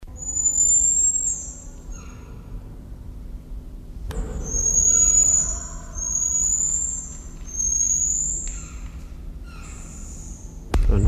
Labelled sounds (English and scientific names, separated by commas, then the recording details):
Common Marmoset (Callithrix jacchus)
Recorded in captivity
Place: Zoo Berlin, Berlin, DE
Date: 1994-01-14 10:27
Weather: -1°C, heiter
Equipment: Marantz CP 430, Sennheiser ME 80, Kopie Uher Variocord 263
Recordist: Tembrock, Günter